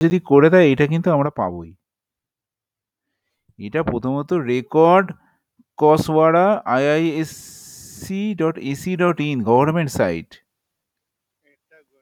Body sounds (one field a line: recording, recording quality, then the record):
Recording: sustained vowel as in made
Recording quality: poor, much background noise or distortion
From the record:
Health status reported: COVID-19 positive, mild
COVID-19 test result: positive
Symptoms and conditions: fatigue, hypertension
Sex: male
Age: 30 years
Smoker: yes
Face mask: worn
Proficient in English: yes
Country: India